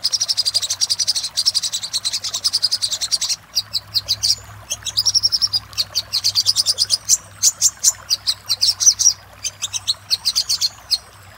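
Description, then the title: Little spiderhunter song: dense bursts of rapid high chattering notes broken by short gaps, with a faint low hum beneath. "Masteran Burung Sogok Ontong Labaik"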